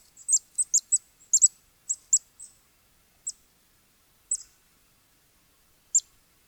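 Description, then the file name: Black-capped chickadee giving sharp, very high, clipped notes, quickly clustered at first, then spaced out singly over several seconds. Mobbing a hawk. "BCCH hawk mobbing"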